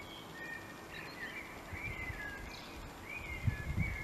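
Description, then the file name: Common blackbird song: a run of soft fluted warbling notes with slides, a few low thuds near the end. "Turdus merula"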